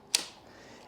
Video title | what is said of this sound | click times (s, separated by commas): Unboxing and building my Aipas A2 folding e bike | You hear that click? So now that handlebar is nice and locked. | 0.1 s